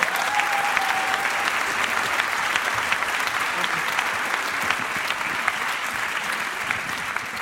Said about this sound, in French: Mesdames et messieurs, merci d'applaudir très fort le cancer de Pierre Desproges. S'il vous plaît, on l'applaudit.